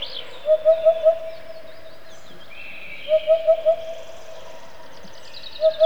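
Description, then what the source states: Eurasian hoopoe song: soft, hollow low hoots in quick runs of four, repeated about every two and a half seconds, with faint higher bird notes behind. Rarely heard near Moscow, Russia, but its muffled voice is very common a bit further south.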